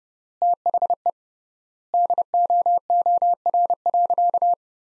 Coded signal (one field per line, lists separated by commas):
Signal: Morse code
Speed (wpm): 32 wpm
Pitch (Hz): 700 Hz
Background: none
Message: THE DOOR.